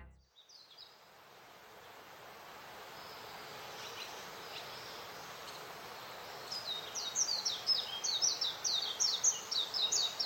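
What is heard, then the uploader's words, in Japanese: Many birds sing in a mountain forest over a steady hiss; bright, rapid chirps come faintly early, then grow dense and louder after six seconds. Journey to the Japanese Mountain Forests | Masatoshi Torii | Soundscape。日本の山林で録音しました。沢山の鳥たちのさえずりが聞こえます。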